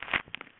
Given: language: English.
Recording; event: throat vibration sensor signal played as sound; swallow